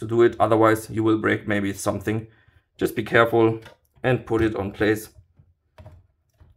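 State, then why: Seated. Someone talks while a graphics card is lowered and pushed gently into a motherboard PCIe slot. After the talking stops, a faint click comes at 5.8 s, followed by softer ticks, as the slot's retention latch springs back up and locks the card in place.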